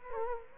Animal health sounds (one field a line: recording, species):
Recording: mosquito wingbeat signal from an infrared sensor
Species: Culex quinquefasciatus